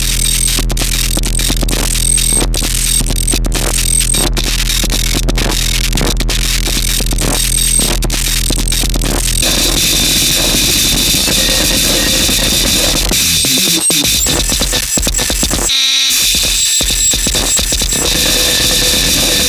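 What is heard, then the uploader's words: Synth tones and feedback play through speakers with film tins resting on them, giving a steady buzzing drone. For the first nine seconds it pulses rhythmically with sharp clicks; it then turns into a hissy, rattling wash with abrupt dropouts near fifteen seconds. Fractures began as a small sound installation consisting of film tins filled with objects including nails, tacks, ball bearings and other miscellaneous objects. The film tins were then equipped with piezo microphones plugged into amps then placed atop upward facing speakers.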